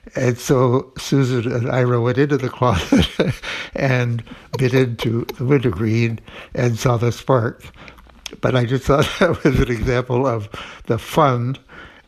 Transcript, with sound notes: And so Susan and Ira went into the closet...
(LAUGHTER)
...And bit into a Wint O Green and saw the spark. But I just thought that was an example of the fun